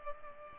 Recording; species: mosquito wingbeat signal from an infrared sensor; Culex pipiens